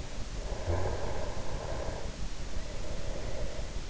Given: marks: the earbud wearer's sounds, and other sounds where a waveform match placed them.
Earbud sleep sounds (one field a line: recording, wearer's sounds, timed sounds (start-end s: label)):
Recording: sounds in sleep by an in-ear microphone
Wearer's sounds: snoring breath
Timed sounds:
0.27-3.90 s: snoring breath